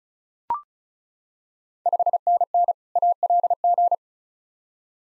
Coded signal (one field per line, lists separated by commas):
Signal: Morse code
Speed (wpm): 36 wpm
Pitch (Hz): 700 Hz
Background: none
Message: 5NN ALG